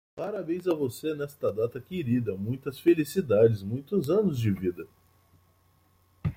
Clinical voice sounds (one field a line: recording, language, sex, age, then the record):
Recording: short text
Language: Brazilian Portuguese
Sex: male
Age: 20 to 29 years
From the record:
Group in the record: control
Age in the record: 27 years